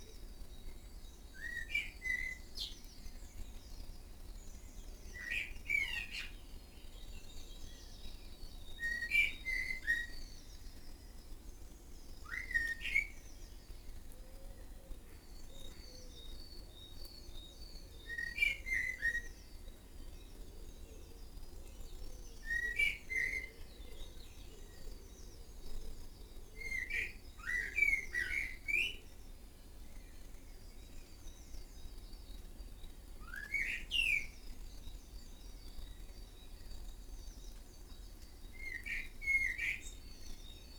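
Several kinds of birds call back and forth in a garden in the early morning. Short, bright chirps repeat every few seconds, with higher twittering in between. A low, steady rumble runs underneath throughout.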